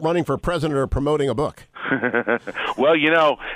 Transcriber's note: laughing